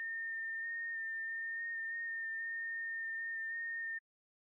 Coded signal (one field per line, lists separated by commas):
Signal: FT8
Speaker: working a little 6 meter magic band. And hey, NM5V, thanks for the contact.